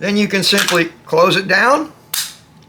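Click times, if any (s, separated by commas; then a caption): 2.1 s. An AR-15 rifle's upper receiver is pivoted shut onto the lower receiver after the bolt carrier is set in place. Someone talks, then a sharp metallic snap at 2.1 seconds marks the upper seating onto the lower, followed by a faint tick and quiet.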